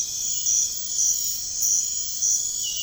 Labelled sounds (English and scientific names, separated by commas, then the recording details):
none
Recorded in pastures near Puerto Asís, Putumayo, Colombia, on 21 March 2025 at 03:30
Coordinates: 0.502, -76.324
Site GP07